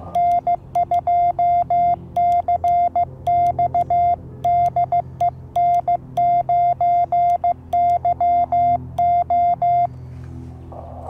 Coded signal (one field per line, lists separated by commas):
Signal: Morse code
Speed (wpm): 16 wpm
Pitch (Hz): 700 Hz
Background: none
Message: N2CX DE N9YO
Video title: QRP: YouKits, Wire Antenna & Telescoping Mast